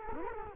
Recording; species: mosquito wingbeat signal from an infrared sensor; Culex quinquefasciatus